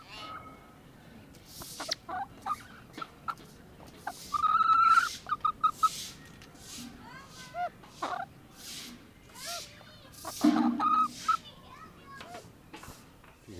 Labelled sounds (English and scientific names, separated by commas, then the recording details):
Siamese Fireback (Lophura diardi) call
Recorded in captivity
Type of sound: call
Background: Gallus gallus f. domestica
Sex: male
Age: adult
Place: Zoo Halle, Sachsen-Anhalt, DE
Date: 1987-04-11 11:25
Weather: fair, 7-10°C
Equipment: Nagra SN, Kopie Tesla B 116
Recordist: Tembrock, Günter
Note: Lautfolgen, daneben auch diverse Laute von einem Haubenhahn (Zuchtrasse)